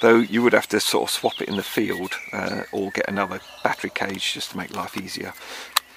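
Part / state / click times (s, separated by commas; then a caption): battery cage into folding toy quadcopter body / not seated / none. Someone talks while handling the plastic battery cage of an Eachine E52TX small folding toy quadcopter, getting it ready to push into the back of the drone. Light handling noises sit under the voice, with a brief sharp tick near the end. Nothing has seated or clicked into place yet.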